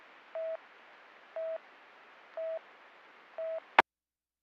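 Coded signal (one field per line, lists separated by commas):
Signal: none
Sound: police radio channel beeps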